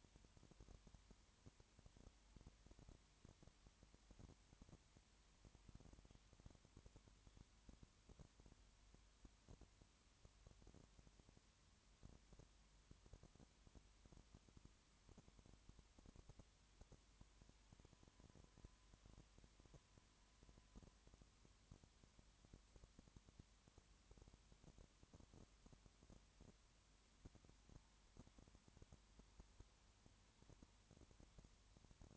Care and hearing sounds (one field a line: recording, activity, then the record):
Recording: daily activity, microphone in the room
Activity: no activity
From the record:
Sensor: 3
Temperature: 20.5 degrees Celsius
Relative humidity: 34.6%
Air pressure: 1001.1 hPa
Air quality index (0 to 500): 195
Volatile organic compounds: 6 ppm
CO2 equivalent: 1853 ppm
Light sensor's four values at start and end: 2/3/2/2 and 2/3/2/2